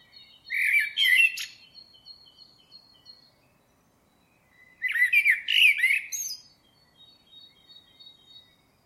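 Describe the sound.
Bird uttering two scratchy, twittering bursts about four seconds apart, each trailed by thin, level whistles.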